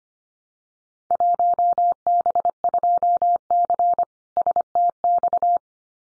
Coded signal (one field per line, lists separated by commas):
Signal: Morse code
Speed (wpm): 25 wpm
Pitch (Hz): 700 Hz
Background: none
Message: 1B2C STX